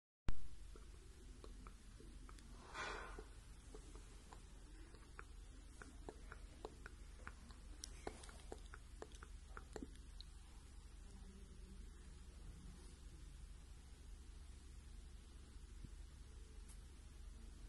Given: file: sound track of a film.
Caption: Objective tinnitus due to palatal tremor